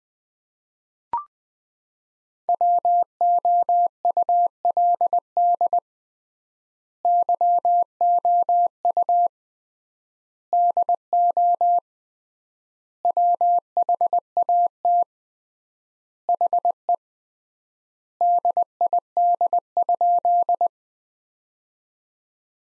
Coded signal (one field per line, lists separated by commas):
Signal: Morse code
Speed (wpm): 20 wpm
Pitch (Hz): 700 Hz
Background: none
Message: WOULD YOU DO WHAT HE DID?